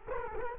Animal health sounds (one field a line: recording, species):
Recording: mosquito wingbeat signal from an infrared sensor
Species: Culex quinquefasciatus